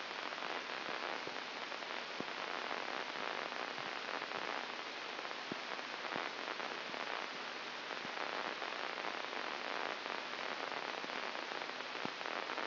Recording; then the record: brain microelectrode recording played as sound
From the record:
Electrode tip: inside the subthalamic nucleus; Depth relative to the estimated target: -3.5 mm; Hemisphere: left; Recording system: AlphaMap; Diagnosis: Parkinson's disease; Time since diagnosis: 24 years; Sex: female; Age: 57 years